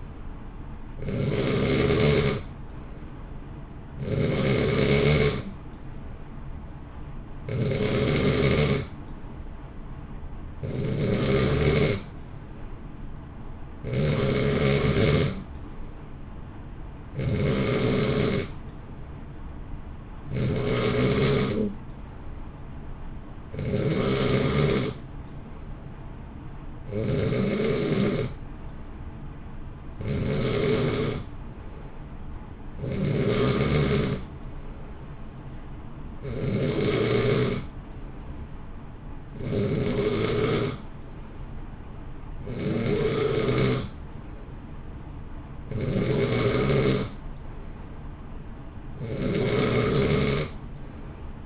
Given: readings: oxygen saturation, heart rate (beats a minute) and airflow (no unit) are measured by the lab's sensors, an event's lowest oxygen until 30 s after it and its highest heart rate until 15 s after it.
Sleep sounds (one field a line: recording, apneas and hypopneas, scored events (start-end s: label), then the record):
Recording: breathing in sleep by a smartphone at the bedside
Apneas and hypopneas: none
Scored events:
none scored
From the record:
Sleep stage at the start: N2 (light sleep)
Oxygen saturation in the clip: 89 to 91%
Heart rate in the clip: 57 to 67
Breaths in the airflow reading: 18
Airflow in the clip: -0.8 to 0.8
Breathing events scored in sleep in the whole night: 328 in 6.3 hours asleep